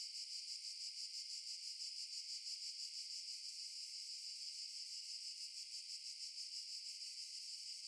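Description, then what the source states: Cicada droning steadily, a bright sizzling buzz that pulses rapidly without pause. Recorded in underbrush.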